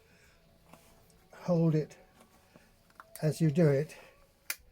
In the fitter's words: and make sure that that's engaged you heard it click just now